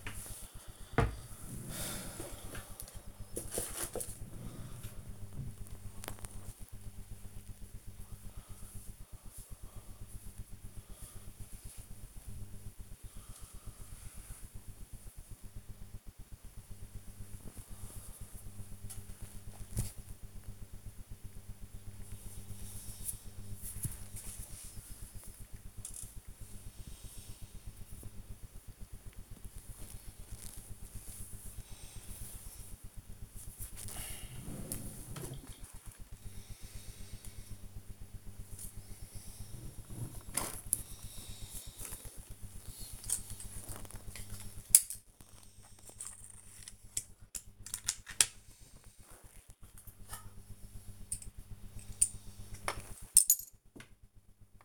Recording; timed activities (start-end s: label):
household activities, microphone on the right wrist
0.00-54.65 s: tidy up the cupboard